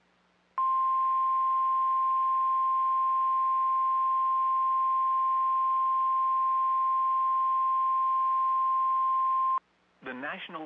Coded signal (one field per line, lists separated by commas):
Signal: Emergency Alert System (SAME) tones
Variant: 1050 Hz attention tone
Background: speech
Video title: NOAA Weather Radio - Flash Flood Warning [EAS #271] (8/10/22)